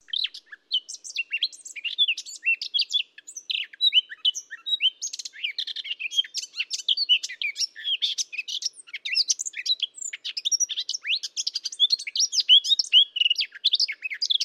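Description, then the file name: Eurasian blackcap delivering a long, unbroken stream of quick twittering and scratchy notes, varied and high-pitched, running throughout with no other sounds. "Sylvia atricapilla"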